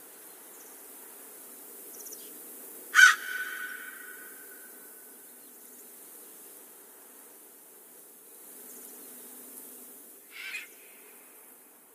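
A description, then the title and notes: A steady, soft hiss fills the forest like wind moving through leaves, with a faint low buzzing hum underneath. A sharp bird call rings out at about three seconds and trails off, and another shorter call comes near ten seconds. The windy forest.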